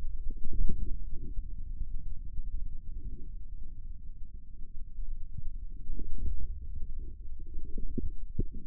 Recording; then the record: forearm muscle sounds (acoustic myography)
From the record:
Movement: inward rotation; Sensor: system 2, bracelet of six BSWA MPA416 microphones around the upper forearm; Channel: 3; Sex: male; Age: 22 years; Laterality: right